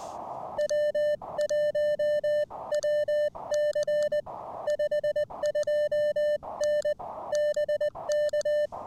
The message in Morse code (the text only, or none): W1WC 52N BK